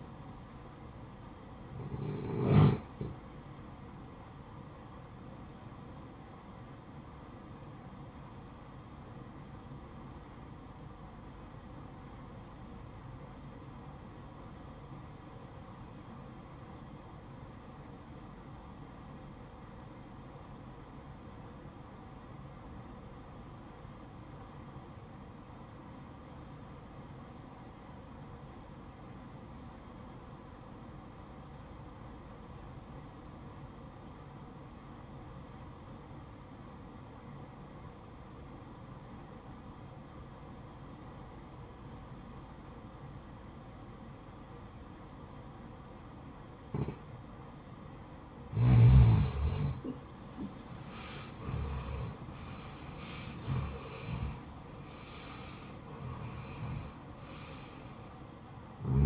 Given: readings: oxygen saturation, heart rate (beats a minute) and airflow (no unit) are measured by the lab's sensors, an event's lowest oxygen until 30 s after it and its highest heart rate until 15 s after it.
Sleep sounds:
breathing in sleep by a smartphone at the bedside; 1
7.00-49.70 s: obstructive apnea (REM, oxygen 95% highest, then 79% lowest, heart rate 67 at the start, 86 highest)
From the record:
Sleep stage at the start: REM sleep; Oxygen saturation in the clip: 76 to 95%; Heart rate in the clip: 56 to 86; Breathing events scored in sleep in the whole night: 573 in 9.8 hours asleep

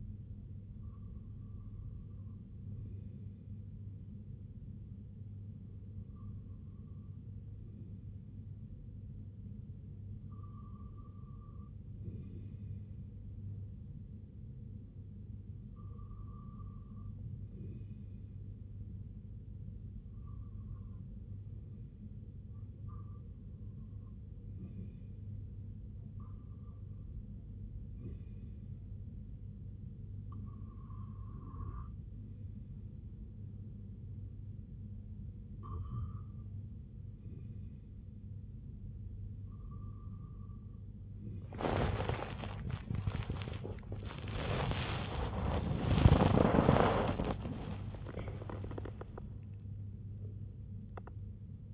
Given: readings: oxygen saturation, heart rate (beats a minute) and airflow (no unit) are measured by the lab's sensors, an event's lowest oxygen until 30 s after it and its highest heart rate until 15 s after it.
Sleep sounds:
breathing in sleep by a smartphone at the bedside; 1
17.00-42.60 s: hypopnea (REM, oxygen 98% highest, then 95% lowest, heart rate 65 at the start, 90 highest)
From the record:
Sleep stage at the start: REM sleep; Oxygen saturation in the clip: 95 to 98%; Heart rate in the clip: 64 to 89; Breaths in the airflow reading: 12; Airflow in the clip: -13.6 to 18.6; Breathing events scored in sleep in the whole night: 258 in 7.4 hours asleep

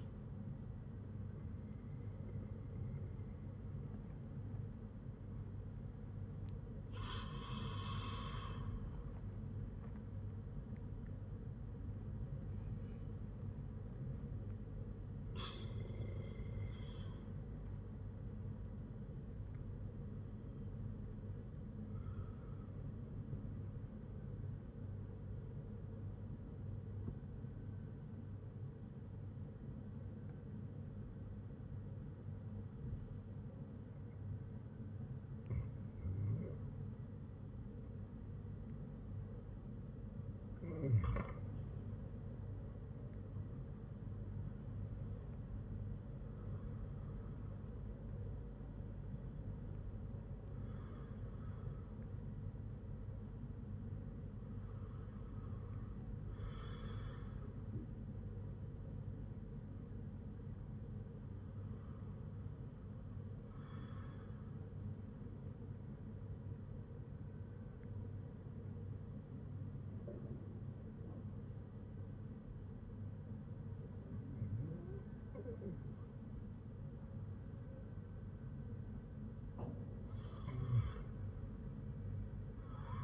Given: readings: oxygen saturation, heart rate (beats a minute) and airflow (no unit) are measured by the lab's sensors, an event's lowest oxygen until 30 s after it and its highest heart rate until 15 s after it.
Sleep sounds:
breathing in sleep by a smartphone at the bedside; 1
26.00-42.00 s: hypopnea (REM, oxygen 98% highest, then 97% lowest, heart rate 56 at the start, 65 highest)
From the record:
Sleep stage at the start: REM sleep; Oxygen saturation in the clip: 92 to 98%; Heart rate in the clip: 53 to 65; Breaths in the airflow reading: 12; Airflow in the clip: -7.0 to 8.1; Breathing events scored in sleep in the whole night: 182 in 7.4 hours asleep

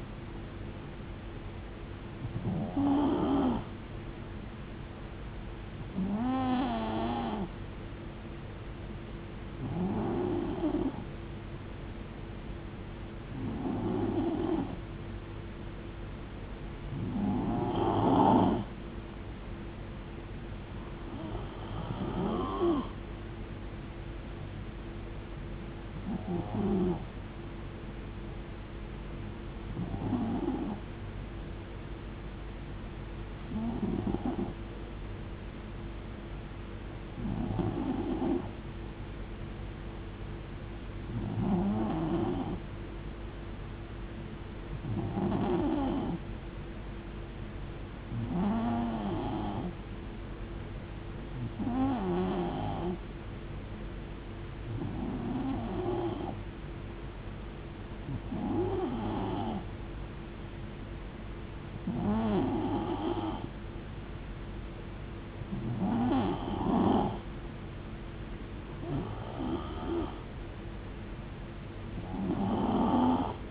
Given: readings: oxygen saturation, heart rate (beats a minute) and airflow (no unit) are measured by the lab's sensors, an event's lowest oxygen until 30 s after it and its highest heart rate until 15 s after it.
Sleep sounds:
breathing in sleep by a voice recorder at the bedside; 1
22.00-73.51 s: new sleep stage, N2 (light sleep)
35.00-64.30 s: hypopnea (N2, oxygen 94% highest, then 91% lowest, heart rate 72 at the start, 75 highest)
From the record:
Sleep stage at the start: N3 (deep sleep); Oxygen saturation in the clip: 91 to 94%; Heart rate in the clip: 63 to 76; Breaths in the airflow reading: 20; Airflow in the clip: -5.9 to 3.1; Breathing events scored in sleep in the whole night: 389 in 6.3 hours asleep

